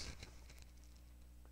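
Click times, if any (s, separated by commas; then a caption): none. A smart relay board is angled and lined up with the keyway in a 3D printed plastic wall switch body before being slid in. Only soft handling sounds are heard: light taps and rubs at about 0.2, 0.5, 0.6, 0.8, 1.0 and 1.5 seconds over a low steady hum. Nothing has seated or clicked yet.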